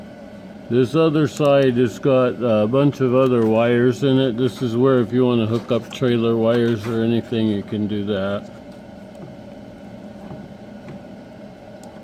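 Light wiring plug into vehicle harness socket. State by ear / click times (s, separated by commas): not seated / none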